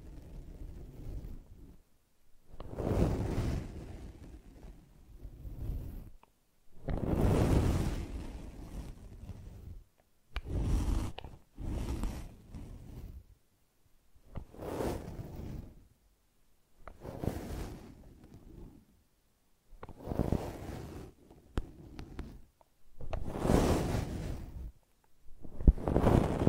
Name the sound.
Brushing and Scratching